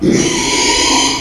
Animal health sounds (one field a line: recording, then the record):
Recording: squeal of a Yucatan mini pig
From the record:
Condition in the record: after surgery on the right vocal fold (resection and tissue-engineered implant)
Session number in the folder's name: 2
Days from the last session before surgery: 13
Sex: male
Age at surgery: 12 weeks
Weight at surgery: 13 kg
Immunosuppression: cyclosporine, prednisolone